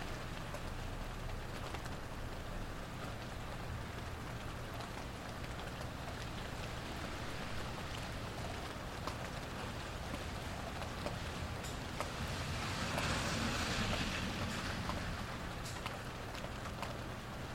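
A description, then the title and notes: A steady early summer rainstorm hisses without pause, thick with fine patter and a low rumble underneath. Around the thirteenth second a passing car swells the sound briefly with a brighter wash before it settles back into the rain. A stereo recording of an early summer rainstorm in Mount Vernon, NY.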